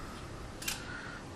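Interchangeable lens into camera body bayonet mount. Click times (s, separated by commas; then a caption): 0.6 s, 0.7 s. An interchangeable lens is placed on the bayonet mount of a Canon Rebel T1i DSLR body and turned clockwise until the lens release latch clicks. A quick double click sounds at 0.6 s and 0.7 s over a steady background hiss. The lens is locked and seated on the body.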